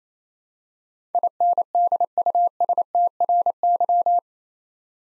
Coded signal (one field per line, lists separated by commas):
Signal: Morse code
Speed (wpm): 28 wpm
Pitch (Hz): 700 Hz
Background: none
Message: INDUSTRY